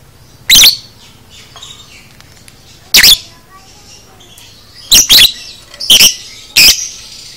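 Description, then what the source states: Lovebird chirps, harsh and piercing, given singly and in a quick pair at uneven gaps, with faint chatter between. Lovebird, described as "paud"; a "masteran" recording used to train cage birds.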